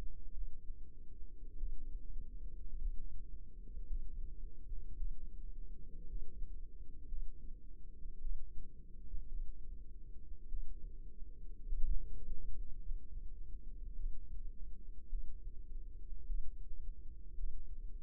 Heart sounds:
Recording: heart sounds by microphone in the left ear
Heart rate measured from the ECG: 53 bpm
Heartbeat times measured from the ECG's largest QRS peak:
0.33 s: heartbeat
1.57 s: heartbeat
2.78 s: heartbeat
3.86 s: heartbeat
4.96 s: heartbeat
6.06 s: heartbeat
7.07 s: heartbeat
8.20 s: heartbeat
9.28 s: heartbeat
10.48 s: heartbeat
11.69 s: heartbeat
12.80 s: heartbeat
13.95 s: heartbeat
15.09 s: heartbeat
16.25 s: heartbeat
17.34 s: heartbeat
From the record:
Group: healthy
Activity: rest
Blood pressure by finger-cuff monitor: 98/61 mmHg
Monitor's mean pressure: 74 mmHg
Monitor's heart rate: 54 bpm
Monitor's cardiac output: 4.9 L/min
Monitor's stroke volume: 92 mL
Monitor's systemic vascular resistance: 1080 dyn s/cm5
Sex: female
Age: 28 years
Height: 170 cm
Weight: 77 kg

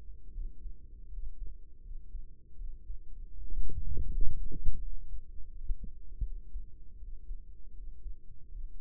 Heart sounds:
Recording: heart sounds by microphone in the right ear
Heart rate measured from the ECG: 81 bpm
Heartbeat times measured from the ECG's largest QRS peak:
0.31 s: heartbeat
1.08 s: heartbeat
1.81 s: heartbeat
2.55 s: heartbeat
3.31 s: heartbeat
4.07 s: heartbeat
4.80 s: heartbeat
5.49 s: heartbeat
6.22 s: heartbeat
6.98 s: heartbeat
7.73 s: heartbeat
8.50 s: heartbeat
From the record:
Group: healthy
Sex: male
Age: 35 years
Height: 178 cm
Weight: 64 kg

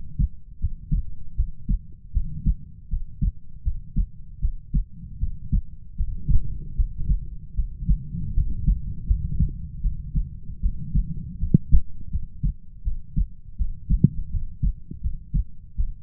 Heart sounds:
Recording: heart sounds by stethoscope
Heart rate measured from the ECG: 79 bpm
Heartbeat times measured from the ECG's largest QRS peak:
0.59 s: heartbeat
1.35 s: heartbeat
2.12 s: heartbeat
2.88 s: heartbeat
3.62 s: heartbeat
4.40 s: heartbeat
5.18 s: heartbeat
5.95 s: heartbeat
6.74 s: heartbeat
7.54 s: heartbeat
8.33 s: heartbeat
9.05 s: heartbeat
9.81 s: heartbeat
10.60 s: heartbeat
11.38 s: heartbeat
12.10 s: heartbeat
12.82 s: heartbeat
13.56 s: heartbeat
14.30 s: heartbeat
15.00 s: heartbeat
15.75 s: heartbeat
From the record:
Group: healthy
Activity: cold pressor test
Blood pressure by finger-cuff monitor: 92/63 mmHg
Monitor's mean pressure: 75 mmHg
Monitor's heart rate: 79 bpm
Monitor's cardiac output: 6.7 L/min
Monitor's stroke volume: 84 mL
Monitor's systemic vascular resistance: 800 dyn s/cm5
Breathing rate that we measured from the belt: 21 breaths a minute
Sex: female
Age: 19 years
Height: 163 cm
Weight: 48.9 kg

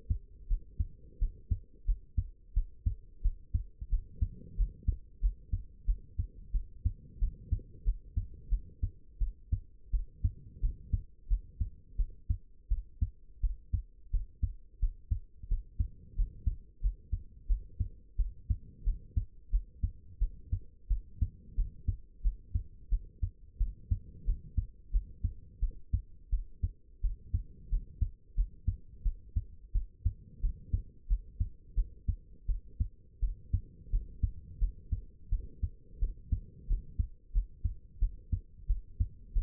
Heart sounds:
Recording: heart sounds by stethoscope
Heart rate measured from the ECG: 88 bpm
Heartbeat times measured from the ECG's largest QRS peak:
0.48 s: heartbeat
1.19 s: heartbeat
1.86 s: heartbeat
2.54 s: heartbeat
3.22 s: heartbeat
3.90 s: heartbeat
4.56 s: heartbeat
5.21 s: heartbeat
5.86 s: heartbeat
6.52 s: heartbeat
7.20 s: heartbeat
7.84 s: heartbeat
8.50 s: heartbeat
9.19 s: heartbeat
9.91 s: heartbeat
10.61 s: heartbeat
11.28 s: heartbeat
11.97 s: heartbeat
12.69 s: heartbeat
13.41 s: heartbeat
14.11 s: heartbeat
14.80 s: heartbeat
15.48 s: heartbeat
16.16 s: heartbeat
16.81 s: heartbeat
17.47 s: heartbeat
18.17 s: heartbeat
18.84 s: heartbeat
19.50 s: heartbeat
20.19 s: heartbeat
20.88 s: heartbeat
21.56 s: heartbeat
22.22 s: heartbeat
22.90 s: heartbeat
23.58 s: heartbeat
24.25 s: heartbeat
24.92 s: heartbeat
25.60 s: heartbeat
26.30 s: heartbeat
27.02 s: heartbeat
27.70 s: heartbeat
28.35 s: heartbeat
29.03 s: heartbeat
29.73 s: heartbeat
30.41 s: heartbeat
31.08 s: heartbeat
31.75 s: heartbeat
32.47 s: heartbeat
33.20 s: heartbeat
33.91 s: heartbeat
34.59 s: heartbeat
35.30 s: heartbeat
36.00 s: heartbeat
36.68 s: heartbeat
37.33 s: heartbeat
38.00 s: heartbeat
38.67 s: heartbeat
39.33 s: heartbeat
From the record:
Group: healthy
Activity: cold pressor test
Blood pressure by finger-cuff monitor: 79/44 mmHg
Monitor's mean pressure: 59 mmHg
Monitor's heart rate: 88 bpm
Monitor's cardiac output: 8.4 L/min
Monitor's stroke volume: 96 mL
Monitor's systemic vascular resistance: 490 dyn s/cm5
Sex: female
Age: 22 years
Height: 161 cm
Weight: 65.5 kg

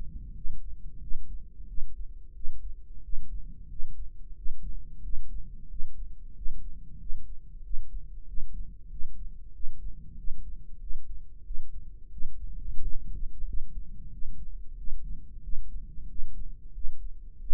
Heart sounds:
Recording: heart sounds by microphone in the right ear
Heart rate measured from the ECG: 91 bpm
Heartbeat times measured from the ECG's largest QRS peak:
0.37 s: heartbeat
1.03 s: heartbeat
1.69 s: heartbeat
2.36 s: heartbeat
3.05 s: heartbeat
3.71 s: heartbeat
4.38 s: heartbeat
5.05 s: heartbeat
5.71 s: heartbeat
6.37 s: heartbeat
7.01 s: heartbeat
7.65 s: heartbeat
8.29 s: heartbeat
8.92 s: heartbeat
9.55 s: heartbeat
10.19 s: heartbeat
10.82 s: heartbeat
11.47 s: heartbeat
12.13 s: heartbeat
12.83 s: heartbeat
13.49 s: heartbeat
14.14 s: heartbeat
14.79 s: heartbeat
15.45 s: heartbeat
16.10 s: heartbeat
16.76 s: heartbeat
17.42 s: heartbeat
From the record:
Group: healthy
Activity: rest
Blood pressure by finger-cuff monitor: 139/77 mmHg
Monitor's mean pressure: 95 mmHg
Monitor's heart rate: 91 bpm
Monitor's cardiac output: 7.6 L/min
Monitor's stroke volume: 85 mL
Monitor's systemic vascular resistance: 920 dyn s/cm5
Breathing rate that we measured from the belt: 17 breaths a minute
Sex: male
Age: 21 years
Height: 175 cm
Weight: 72.6 kg

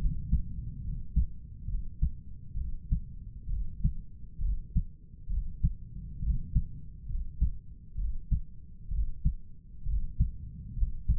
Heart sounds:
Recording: heart sounds by stethoscope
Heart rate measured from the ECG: 67 bpm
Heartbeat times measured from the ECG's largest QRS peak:
0.01 s: heartbeat
0.85 s: heartbeat
1.69 s: heartbeat
2.58 s: heartbeat
3.51 s: heartbeat
4.43 s: heartbeat
5.31 s: heartbeat
6.24 s: heartbeat
7.10 s: heartbeat
7.99 s: heartbeat
8.93 s: heartbeat
9.88 s: heartbeat
10.78 s: heartbeat
From the record:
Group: healthy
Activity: rest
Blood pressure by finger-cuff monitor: 142/98 mmHg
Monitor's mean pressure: 110 mmHg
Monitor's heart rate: 67 bpm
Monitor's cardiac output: 6.9 L/min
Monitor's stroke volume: 103 mL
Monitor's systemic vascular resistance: 1190 dyn s/cm5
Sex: male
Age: 30 years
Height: 188 cm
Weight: 110.2 kg

